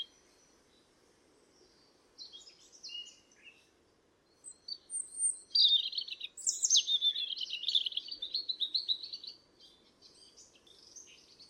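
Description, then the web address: European robin song: a few thin phrases from about two seconds, then a tumbling run of high, thin warbled phrases from about five and a half seconds, some notes sliding, with faint low hiss beneath. "chant didier collin rougegorge familier"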